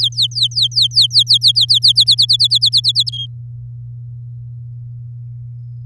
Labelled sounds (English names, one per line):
Domestic Canary song